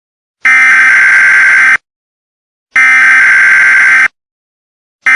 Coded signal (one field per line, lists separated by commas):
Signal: Emergency Alert System (SAME) tones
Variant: header bursts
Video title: Sacramento EAS Alarm